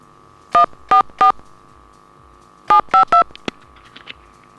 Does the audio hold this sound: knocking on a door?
no